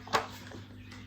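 A plastic attachment is pushed onto the hose or wand of a Numatic Hetty vacuum on a first attempt, giving a faint, short click at 0.2 s over a quiet, steady low hum. The attachment is only partly in and not fully seated.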